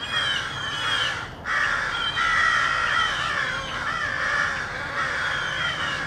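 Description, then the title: Crows giving loud, drawn-out raucous caws almost continuously, broken by one short gap. Rowdy crows loudly cawing in treetops of an urban park just after sunrise. "Field Recording: The Wild and Raucous Sounds of Crows Cawing in the Treetops"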